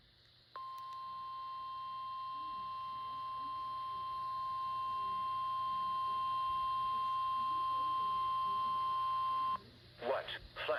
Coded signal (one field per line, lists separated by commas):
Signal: Emergency Alert System (SAME) tones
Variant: 1050 Hz attention tone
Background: speech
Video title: WINTER... FLOODS?? EAS Alerts from December 14th-23rd, 2022 (EAS #225-239)